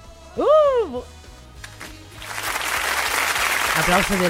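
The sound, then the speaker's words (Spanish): On the rock radio show Mi Rollo es el Rock, a voice calls out a rising, drawn-out exclamation, then steady applause for a guest's newly published book swells in and continues as a dense wash of clapping, with a voice starting to speak again near the end. “Aplauso de libro.”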